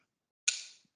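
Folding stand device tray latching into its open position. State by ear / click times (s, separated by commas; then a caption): seated / 0.5 s. The device tray of the folding stand for an explorē 12 magnifier is lifted up until its two orange side buttons latch into place, locking the stand open. A single sharp click lands at 0.5 s and rings briefly before fading. A faint tick follows near 1.0 s.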